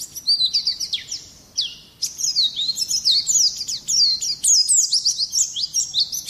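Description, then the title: Oriental magpie-robin singing lively, high, varied whistles and sweeping notes, a short pause around two seconds, then a busier, more twittering stretch. "Kicau Kacer"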